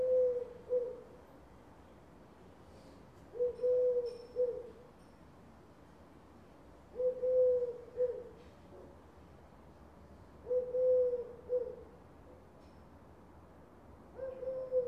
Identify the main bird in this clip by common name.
Eurasian Collared Dove